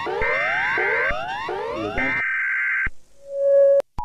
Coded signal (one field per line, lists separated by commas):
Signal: Emergency Alert System (SAME) tones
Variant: header bursts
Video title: The bunny killer (EAS SCENARIO)